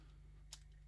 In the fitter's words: like that, and you'll feel it click. There you go.